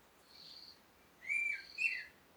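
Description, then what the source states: Birds give two quick, bright whistled chirps close together after a soft buzzy note. Morning recording in Komati, Africa, calm conditions with wind.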